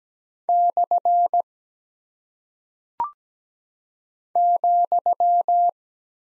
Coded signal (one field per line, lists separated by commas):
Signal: Morse code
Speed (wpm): 17 wpm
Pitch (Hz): 700 Hz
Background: none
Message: / ,